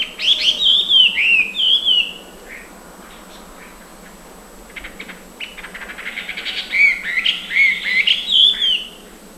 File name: Chinese Hwamei Ssp Canorus Song 120117-001 Guangxi Beishan